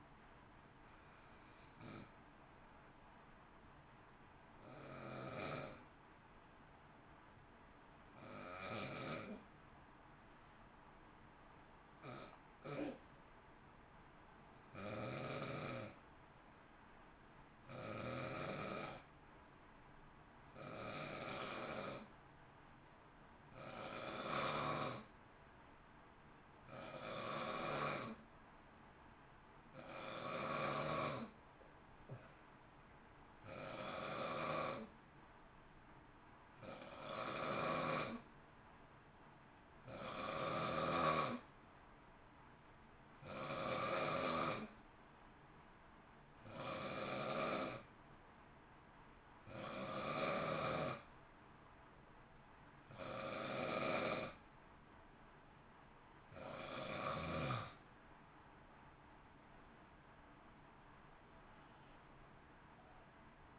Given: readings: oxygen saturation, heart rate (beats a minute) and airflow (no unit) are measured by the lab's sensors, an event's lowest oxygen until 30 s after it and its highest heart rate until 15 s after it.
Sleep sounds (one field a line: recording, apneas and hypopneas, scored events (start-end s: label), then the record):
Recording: breathing in sleep by a voice recorder at the bedside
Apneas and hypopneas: 1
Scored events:
16.00-52.90 s: hypopnea (N1, oxygen 96% highest, then 89% lowest, heart rate 58 at the start, 60 highest)
38.00-63.59 s: new sleep stage, N2 (light sleep)
From the record:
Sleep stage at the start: N1 (lightest sleep)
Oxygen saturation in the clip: 89 to 96%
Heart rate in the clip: 52 to 61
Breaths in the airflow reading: 22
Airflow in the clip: -0.8 to 1.0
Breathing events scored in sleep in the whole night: 328 in 6.3 hours asleep